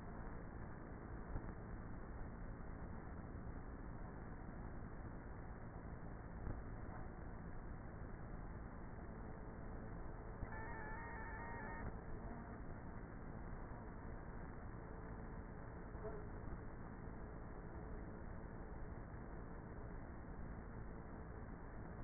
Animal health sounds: honeybee colony, microphone inside the hive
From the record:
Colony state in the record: queenless with a low population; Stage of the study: before two queens were removed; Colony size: about 30,000 bees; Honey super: no

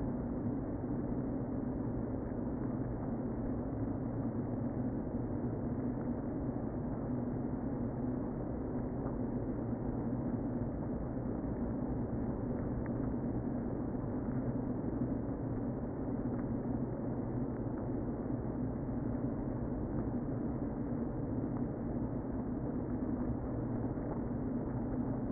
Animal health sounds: honeybee colony, microphone inside the hive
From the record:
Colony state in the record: queen present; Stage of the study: before two queens were removed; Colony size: about 60,000 bees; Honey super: yes

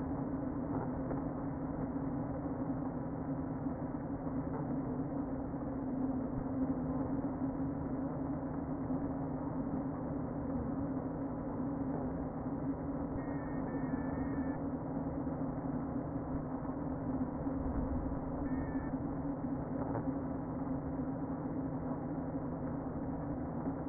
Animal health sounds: honeybee colony, microphone inside the hive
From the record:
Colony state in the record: queen present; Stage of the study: before two queens were removed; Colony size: about 60,000 bees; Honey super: yes

